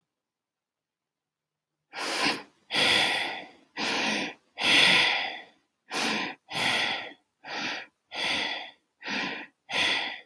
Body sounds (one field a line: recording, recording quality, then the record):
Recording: shallow breathing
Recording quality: excellent, no background noise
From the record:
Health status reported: healthy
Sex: female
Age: 48 years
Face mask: not worn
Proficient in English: yes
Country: United States